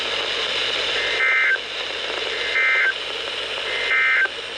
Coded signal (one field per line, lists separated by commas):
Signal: Emergency Alert System (SAME) tones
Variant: end-of-message bursts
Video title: Windy Thursday | EAS Alerts From 6/29/2023 (EAS #2,119-2,144)